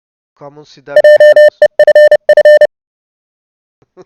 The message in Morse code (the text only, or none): JEFF